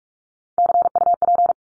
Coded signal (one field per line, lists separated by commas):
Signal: Morse code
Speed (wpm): 44 wpm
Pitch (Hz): 700 Hz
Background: none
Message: CUP